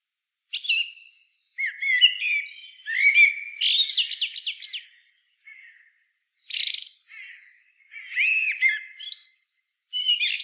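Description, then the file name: Eurasian blackbird song of mellow whistled notes running into thin, high twittering, with several phrases and gaps between them. "Turdus merula"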